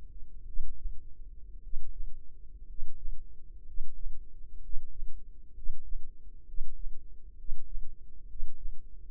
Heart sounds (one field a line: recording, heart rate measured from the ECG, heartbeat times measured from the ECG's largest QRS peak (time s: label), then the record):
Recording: heart sounds by microphone in the left ear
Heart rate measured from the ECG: 61 bpm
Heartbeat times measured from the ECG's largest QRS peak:
0.43 s: heartbeat
1.58 s: heartbeat
2.64 s: heartbeat
3.62 s: heartbeat
4.58 s: heartbeat
5.51 s: heartbeat
6.43 s: heartbeat
7.34 s: heartbeat
8.25 s: heartbeat
From the record:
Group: healthy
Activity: breath hold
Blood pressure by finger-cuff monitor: 96/53 mmHg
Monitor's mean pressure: 61 mmHg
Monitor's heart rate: 61 bpm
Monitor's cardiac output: 5 L/min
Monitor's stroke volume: 87 mL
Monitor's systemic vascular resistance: 920 dyn s/cm5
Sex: male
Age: 25 years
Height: 170 cm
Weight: 70.4 kg